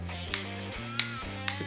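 A click-type torque wrench set to a low Newton-metre setting tightens a water pump nut on a Porsche Boxster. Three sharp clicks at 0.3, 1.0 and 1.5 seconds cut through a steady, music-like tonal background, confirming the wrench has reached its torque setting.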